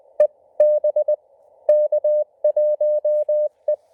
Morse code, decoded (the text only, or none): EB K1E